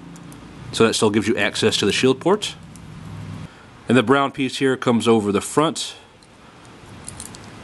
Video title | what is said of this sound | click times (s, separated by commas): MG GAT-X102 Duel Gundam Assaultshroud - Review - Part 2 | and locks into place around the outside of that armor so | 7.1 s, 7.2 s